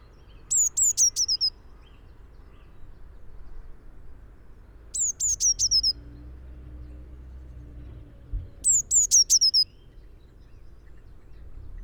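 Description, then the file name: Eurasian blue tit repeating short bursts of high, thin, descending notes about every four seconds; a low drone sounds through the middle. "Cyanistes caeruleus"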